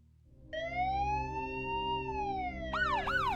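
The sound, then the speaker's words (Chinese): Police sirens heard faintly on a quiet coastal road in light drizzle, wailing with a long, slowly rising and falling tone, then switching to quick rapid yelps at the end, over a low steady rumble with no voices. “说话间，寂静的沿海公路上隐约传来了阵阵警笛声。”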